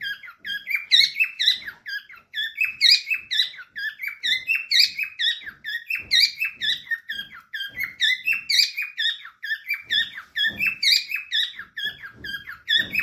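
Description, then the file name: Parrot calls, an unbroken stream of shrill, twittering chirps with ringing overtones, repeated in quick bursts throughout, with faint soft thumps beneath. Lutino colour form. "Lutinos Dutch bride sound"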